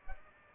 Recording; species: mosquito wingbeat signal from an infrared sensor; Aedes albopictus